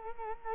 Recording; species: mosquito wingbeat signal from an infrared sensor; Culex quinquefasciatus